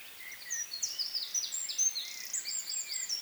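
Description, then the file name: Eurasian wren song, a brief burst of shrill rattling trills and quick twitters at high pitch, with a few lower chirps beneath. "Troglodytes troglodytes"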